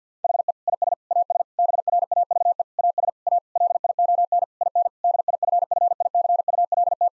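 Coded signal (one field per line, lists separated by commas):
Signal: Morse code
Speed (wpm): 50 wpm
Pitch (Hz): 700 Hz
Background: none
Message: HE IS AS BRAVE AS A LION IN DIFFICULT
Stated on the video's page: Morse code practice with difficult sentences at 50 wpm, each given a context hint before sending.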